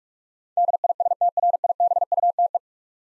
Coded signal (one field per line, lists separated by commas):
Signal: Morse code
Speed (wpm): 46 wpm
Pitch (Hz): 700 Hz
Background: none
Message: DISTRIBUTE